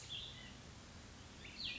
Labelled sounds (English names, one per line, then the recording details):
Cassin's Vireo
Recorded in Sonoma County, California